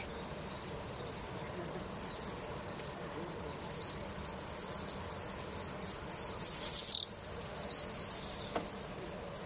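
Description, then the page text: Swifts screaming, several high shrill wavering calls overlapping, a loud harsh burst of screams two-thirds through, soft hiss beneath. "Стрижи - Пение стрижей"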